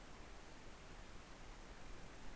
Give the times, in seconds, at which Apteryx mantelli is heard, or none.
none